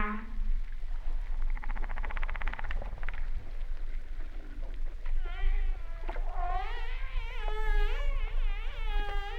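Humpback whale song: a rapid pulsed buzzing train, then a series of wavering, harmonic cries rising and falling in pitch over a steady low rumble.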